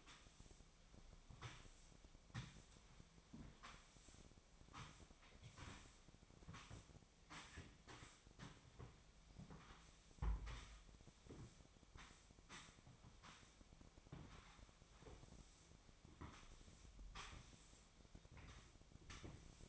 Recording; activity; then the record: daily activity, microphone in the room; sweep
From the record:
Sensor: 1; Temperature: 25.6 degrees Celsius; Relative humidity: 38.0%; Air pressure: 1007.0 hPa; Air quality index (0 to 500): 205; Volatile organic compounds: 23 ppm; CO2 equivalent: 2771 ppm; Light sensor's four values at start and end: 12/32/13/14 and 12/32/12/14